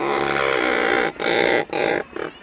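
Razorbill harsh, drawn-out grunt followed by two shorter rasping growls and a brief final one.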